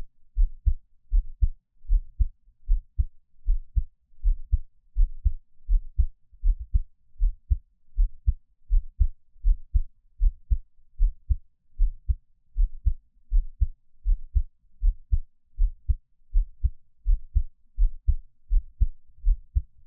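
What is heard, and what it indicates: A gentle, calm adult heartbeat, close-miked, with normal heart sounds at about 80 beats per minute and no talking.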